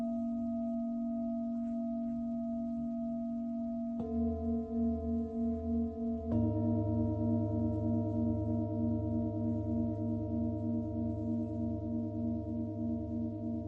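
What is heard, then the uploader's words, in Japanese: Singing bowls ring in a sound healing session, their long, steady tones layering into a low, pulsing hum. New bowls are struck at about four and six seconds, each adding brighter overtones and a stronger wavering beat that sustains to the end. メキシコから シンギングボウルのサウンドヒーリング。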